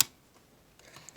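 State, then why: Seated. A desktop RAM module is pushed down firmly into its motherboard DIMM slot, and the plastic retention clips snap shut with one sharp, loud click at 0.0 s. Fainter small clicks and rustles follow at about 0.8 s, 1.1 s and 1.2 s. The module is seated, with the clips back in place holding it.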